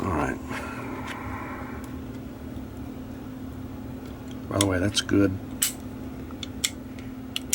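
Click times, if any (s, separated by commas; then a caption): 5.6 s, 6.6 s, 7.4 s, 7.5 s. A metal thumb safety lever on a 1911 pistol frame is worked up and down by hand while someone talks over a steady low hum. Each move snaps the lever into its detent with a sharp click, heard at 5.6, 6.7, 7.4 and 7.5 seconds. The safety is confirmed clicking precisely into place.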